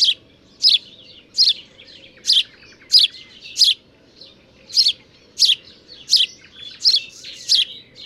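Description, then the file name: House sparrow giving repeated bright chirps, roughly one every three-quarters of a second, over a low steady background hum. "Passer domesticus"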